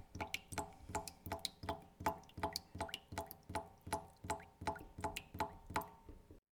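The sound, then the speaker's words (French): A tap that was not properly turned off drips steadily into a stainless steel sink, each drop landing with a bright, ringing plink at a quick, even rhythm of roughly three drops per second, with no voices. “Zut, encore un qui a mal refermé le robinet. Goutte à goutte, je suis la trajectoire de l'eau qui s'enfuit.”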